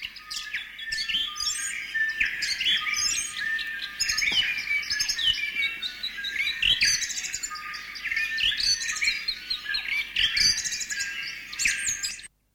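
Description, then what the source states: New Zealand bellbird song, liquid chiming and whistled notes within a busy dawn chorus. Dawn chorus with bellbird (korimako) in the foreground, birds singing from silver beech trees in Abel Tasman National Park, New Zealand.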